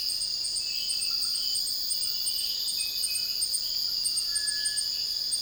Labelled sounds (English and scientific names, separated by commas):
Cinereous Tinamou (Crypturellus cinereus)